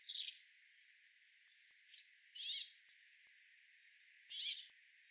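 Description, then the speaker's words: Brambling with rasping, buzzy high notes: one note at the start, a faint one, then two stronger zweek-like sounds about two seconds apart. Wheezy song similar to greenfinch's, a chuck-chuck sound followed by rasping zweek, likened to 'bubble and squeak'; rarely heard in UK. "The brambling's wheezy song is similar to that of the greenfinch. It is a chuck-chuck sound, followed by a rasping zweek."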